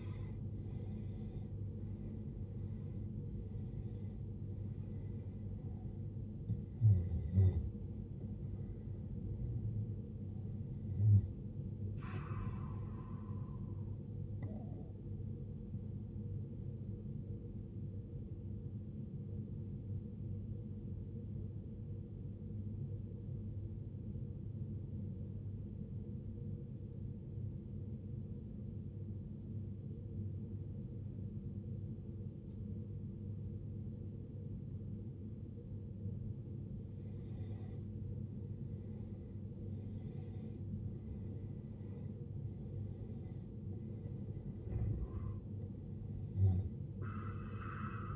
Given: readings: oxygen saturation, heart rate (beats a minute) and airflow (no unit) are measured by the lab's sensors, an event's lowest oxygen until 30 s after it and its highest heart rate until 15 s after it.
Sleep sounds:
breathing in sleep by a smartphone at the bedside; 1
21.00-37.00 s: obstructive apnea (N1, oxygen 94% highest, then 87% lowest, heart rate 61 at the start, 72 highest)
From the record:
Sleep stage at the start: N1 (lightest sleep); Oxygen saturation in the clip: 83 to 95%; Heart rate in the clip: 53 to 76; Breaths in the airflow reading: 9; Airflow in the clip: -17.3 to 16.3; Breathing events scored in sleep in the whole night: 389 in 6.3 hours asleep

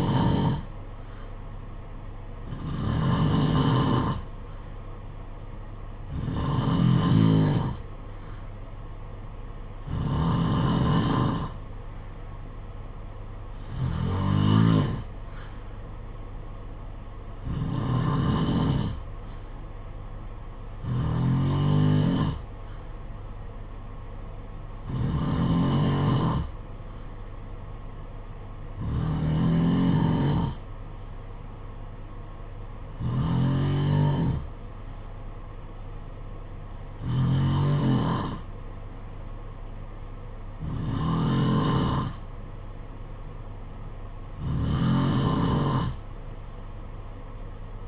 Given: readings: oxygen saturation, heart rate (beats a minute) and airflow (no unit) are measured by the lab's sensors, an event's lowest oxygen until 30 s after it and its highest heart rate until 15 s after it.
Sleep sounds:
breathing in sleep by a smartphone at the bedside; none
none scored
From the record:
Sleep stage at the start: N2 (light sleep); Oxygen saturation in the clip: 90 to 92%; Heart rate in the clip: 54 to 62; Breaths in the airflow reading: 13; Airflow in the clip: -4.6 to 4.6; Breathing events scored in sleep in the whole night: 476 in 9.7 hours asleep

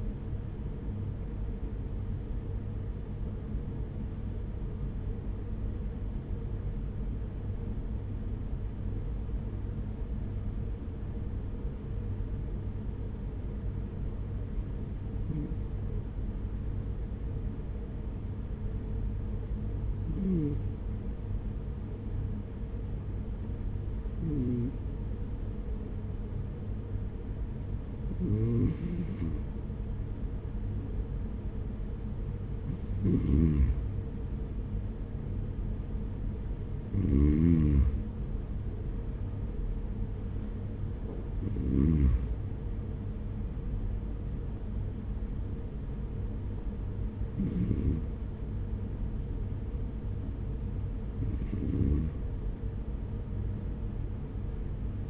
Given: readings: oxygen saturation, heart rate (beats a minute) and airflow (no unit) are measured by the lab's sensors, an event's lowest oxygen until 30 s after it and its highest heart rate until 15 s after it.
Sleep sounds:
breathing in sleep by a smartphone at the bedside; 1
5.00-35.50 s: hypopnea (N2, oxygen 95% highest, then 93% lowest, heart rate 44 at the start, 48 highest)
33.00-55.10 s: new sleep stage, N1 (lightest sleep)
From the record:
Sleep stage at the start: N2 (light sleep); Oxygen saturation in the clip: 93 to 95%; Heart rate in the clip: 44 to 48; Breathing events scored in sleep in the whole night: 210 in 6.9 hours asleep

